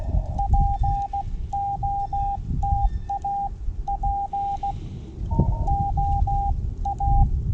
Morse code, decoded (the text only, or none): POTA POA